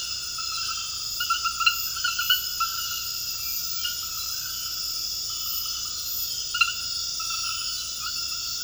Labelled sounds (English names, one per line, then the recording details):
none
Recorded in secondary vegetation near Puerto Asís, Putumayo, Colombia, on 18 February 2024 at 23:30
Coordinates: 0.481, -76.323
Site G6376